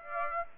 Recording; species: mosquito wingbeat signal from an infrared sensor; Aedes aegypti